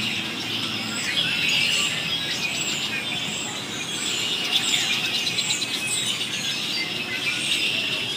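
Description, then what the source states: Birds chirping in a dense, busy chorus, many high twittering and squeaky notes overlapping continuously with no pause throughout. Birds calling very noisily and excitedly.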